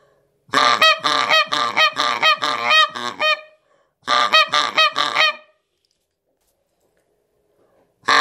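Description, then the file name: Canada goose honking: loud, nasal honks in a quick series of about eight, a pause, then four more, with another honk starting at the end. "канадская-казарка"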